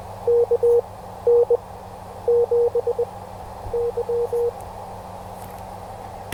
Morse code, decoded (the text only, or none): KN7Y